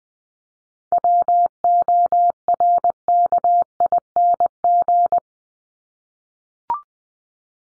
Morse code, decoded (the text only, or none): WORKING